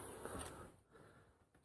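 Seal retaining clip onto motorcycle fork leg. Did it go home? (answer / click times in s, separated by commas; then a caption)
no / none. A fork seal retaining clip for a Ducati 899 motorcycle fork is picked up and lined up over the fork leg, above the already seated seal, ready to slide down into its groove. Soft handling and rubbing noises are heard, with a brief bump at 0.3 s before the sound fades quieter. The clip has not clicked into place yet.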